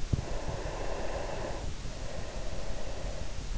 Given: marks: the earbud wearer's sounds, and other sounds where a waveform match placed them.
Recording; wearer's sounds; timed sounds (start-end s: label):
sounds in sleep by an in-ear microphone; breath
0.22-3.53 s: breath